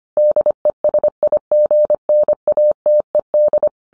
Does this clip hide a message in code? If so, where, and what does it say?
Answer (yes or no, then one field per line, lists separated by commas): yes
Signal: Morse code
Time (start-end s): 0.2-3.7 s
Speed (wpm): 25 wpm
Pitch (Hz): 600 Hz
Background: none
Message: DESIGNATED